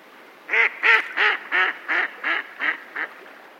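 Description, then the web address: Mallard quacking: a series of eight loud, nasal quacks over about three seconds, the later ones shorter and quieter than the first few, with a faint background hiss. "la rochelle. Canard colvert"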